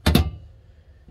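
A folding part on a 2023 T@B 400 camper trailer is lifted until its hinge catch clicks free, with two sharp clicks at 0.1 s and 0.2 s followed by a low fading rumble. The clicks mean the catch has released, so the part can be rotated back down without snapping the catch.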